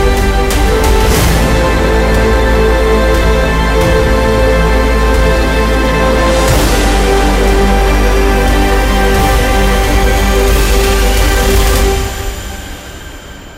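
Epic music with the sound of wind and snow: sustained chords and stacked tones hold steady, with bright swells and bursts near 1, 6.5 and 11.5 seconds. A low rumble and hiss run underneath, and everything fades out after 12 seconds.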